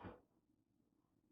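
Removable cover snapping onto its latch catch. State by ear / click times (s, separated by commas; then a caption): not seated / none. A removable cover is handled and lined up with its latch catch, but nothing has seated or clicked yet. A brief, muffled handling bump at the very start fades within about 0.2 seconds, leaving only a quiet, low background hum.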